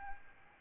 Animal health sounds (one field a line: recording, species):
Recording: mosquito wingbeat signal from an infrared sensor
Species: Aedes albopictus